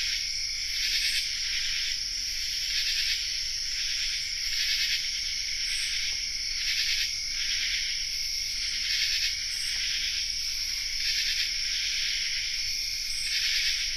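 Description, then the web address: Common true katydid chorus, many overlapping harsh raspy calls pulsing in irregular bursts over a continuous high-pitched insect drone. Chorus, North America. "Songs of Insects. Common True Katydid chorus"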